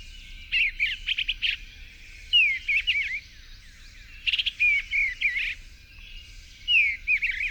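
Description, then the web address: Eastern bluebird song: soft warbled phrases of short slurred whistles and chirps around mid-high pitch, given in bursts roughly every two seconds, with faint low hum beneath. "Songs of Birds of North America Know Your Bird Sounds. Eastern Bluebird"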